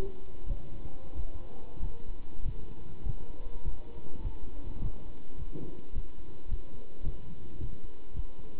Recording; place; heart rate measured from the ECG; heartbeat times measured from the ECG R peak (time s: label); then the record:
heart sounds by stethoscope; between the tricuspid and mitral areas; 103 bpm
0.03 s: heartbeat
0.47 s: heartbeat
1.14 s: heartbeat
1.80 s: heartbeat
2.43 s: heartbeat
3.04 s: heartbeat
3.64 s: heartbeat
4.22 s: heartbeat
4.80 s: heartbeat
5.37 s: heartbeat
5.93 s: heartbeat
6.49 s: heartbeat
7.04 s: heartbeat
7.59 s: heartbeat
8.14 s: heartbeat
From the record:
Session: pedaling a stationary bicycle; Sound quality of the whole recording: good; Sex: male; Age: 27 years